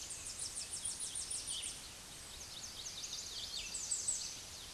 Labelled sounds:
American Redstart song
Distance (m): 30 m
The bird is about 5 m above the microphone
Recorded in a Pennsylvania forest on 16 May 2024 at 06:30
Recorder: AudioMoth, point MSD-2345
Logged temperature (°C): 15.5 °C
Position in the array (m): 111 m, 239 m

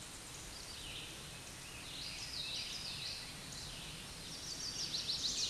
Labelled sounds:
Common Yellowthroat song
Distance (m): 50 m
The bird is about level with the microphone
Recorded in a Pennsylvania forest on 16 May 2024 at 09:20
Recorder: AudioMoth, point MSD-2058
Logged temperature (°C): 11.8 °C
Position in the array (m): 78 m, -39 m

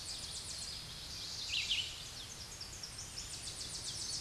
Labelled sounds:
Tennessee Warbler song
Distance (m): 40 m
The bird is about 5 m above the microphone
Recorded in a Pennsylvania forest on 16 May 2024 at 07:05
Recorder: AudioMoth, point MSD-1338
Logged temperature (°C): 12.6 °C
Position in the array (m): 81 m, 61 m

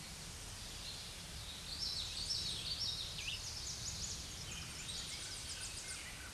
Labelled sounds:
Common Yellowthroat song
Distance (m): 25 m
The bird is about level with the microphone
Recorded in a Pennsylvania forest on 16 May 2024 at 07:04
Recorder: AudioMoth, point MSD-2107
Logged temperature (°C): 16.1 °C
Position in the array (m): 32 m, 154 m

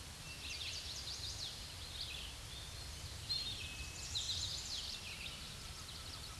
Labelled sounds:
Eastern Towhee song
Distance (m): 15 m
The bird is about 5 m above the microphone
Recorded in a Pennsylvania forest on 16 May 2024 at 06:48
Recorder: AudioMoth, point MSD-0814
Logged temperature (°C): 15.8 °C
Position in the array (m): 159 m, 98 m

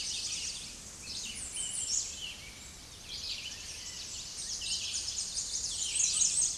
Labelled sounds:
American Redstart song
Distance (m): 25 m
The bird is about 5 m above the microphone
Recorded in a Pennsylvania forest on 16 May 2024 at 07:59
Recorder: AudioMoth, point MSD-2112
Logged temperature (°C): 16.3 °C
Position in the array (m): 65 m, 237 m

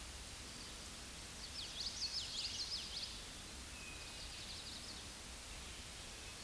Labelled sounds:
Common Yellowthroat song
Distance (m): 55 m
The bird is about 5 m above the microphone
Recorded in a Pennsylvania forest on 16 May 2024 at 08:25
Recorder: AudioMoth, point MSD-1307
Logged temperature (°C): 16.6 °C
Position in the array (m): 246 m, 171 m

